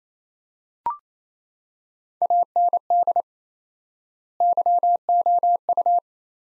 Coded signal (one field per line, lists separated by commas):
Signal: Morse code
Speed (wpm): 28 wpm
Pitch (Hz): 700 Hz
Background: none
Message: AND YOU